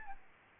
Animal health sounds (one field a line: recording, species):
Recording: mosquito wingbeat signal from an infrared sensor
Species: Aedes albopictus